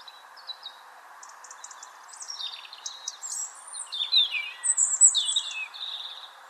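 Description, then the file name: European robin singing softly at first, building into brighter, high warbling phrases with falling slurs toward the end, over continuous hiss. "Erithacus rubecula"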